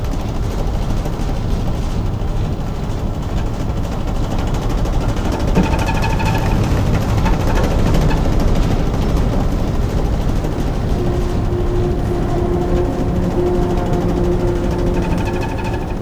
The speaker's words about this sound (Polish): Pracują 4 strumieniowe. Teraz musimy się obrócić w miejscu, więc się obracamy. Na dziobie są 4 strumieniowe, to są boczne takie pędniki, które pozwalają nam na obrót w miejscu lub płynięcie na przykład bokiem.